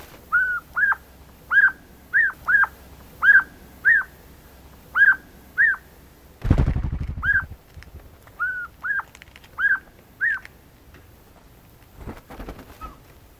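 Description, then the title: Siberian jay giving short whistled mewing notes, often in pairs, in a loose repeated series, interrupted midway by a brief noise, then more mewing notes. "Viikon luontoääni: Kuukkeli"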